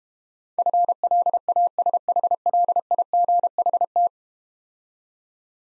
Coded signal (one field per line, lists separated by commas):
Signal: Morse code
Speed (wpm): 32 wpm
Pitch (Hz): 700 Hz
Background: none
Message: FLASHLIGHT